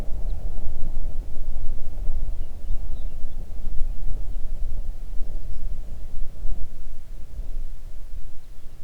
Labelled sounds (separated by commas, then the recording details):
songbird, wind
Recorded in the Arctic National Wildlife Refuge, Alaska, on 3 June 2019 at 04:31
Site 37